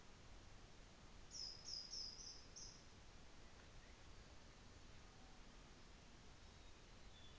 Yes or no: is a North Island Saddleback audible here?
no